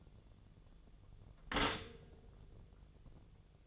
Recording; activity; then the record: daily activity, microphone in the room; stop toaster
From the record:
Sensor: 4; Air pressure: 1001.1 hPa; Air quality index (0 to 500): 166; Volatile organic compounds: 2 ppm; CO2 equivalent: 1208 ppm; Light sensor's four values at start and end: 18/42/17/18 and 16/37/16/16